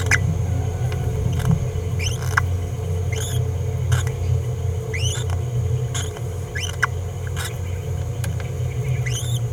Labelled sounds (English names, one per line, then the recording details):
Green-rumped Parrotlet babbling
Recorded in a nest box in Venezuela
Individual 18B17A5